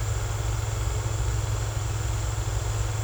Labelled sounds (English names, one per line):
none